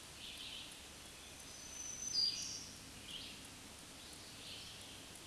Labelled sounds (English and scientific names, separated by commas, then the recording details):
Black-throated Green Warbler (Setophaga virens) song
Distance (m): 45 m
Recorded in a Pennsylvania forest on 1 June 2023 at 07:14
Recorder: AudioMoth, point grid3_6_high
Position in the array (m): 147 m, 52 m